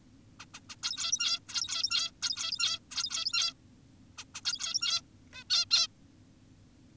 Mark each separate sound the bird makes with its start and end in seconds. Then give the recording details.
0.40-0.46, 0.54-0.60, 0.70-0.76, 0.83-1.40, 1.49-2.12, 2.22-2.80, 2.91-3.54, 4.18-4.24, 4.35-4.41, 4.45-5.02, 5.33-5.44, 5.50-5.65, 5.71-5.88. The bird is an adult. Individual g17y2U